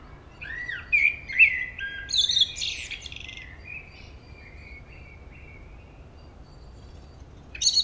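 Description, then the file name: Common blackbird delivering a long warbled phrase of fluted notes and high chattering squeaks, trailing into quiet notes, with a brief high burst at the very end. "Turdus merula"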